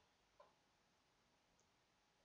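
A screw is placed in a threaded hole in a PC case and turned backwards so its thread drops into engagement, a method used to avoid stripping the thread. Only a brief, faint tonal tick near 0.4 s and a softer one near 1.6 s rise over a low, steady background. Nothing has seated or clicked yet; the clip ends before the screw goes home.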